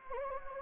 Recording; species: mosquito wingbeat signal from an infrared sensor; Anopheles gambiae